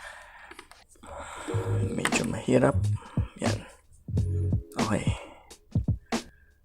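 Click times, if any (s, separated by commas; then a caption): 6.1 s. A second SO-DIMM memory module is pressed down into the upper memory slot of a MacBook Unibody Mid 2010 laptop, going in with a bit of difficulty while someone talks. A sharp click at 6.1 s marks the module snapping into the slot, and it is seated.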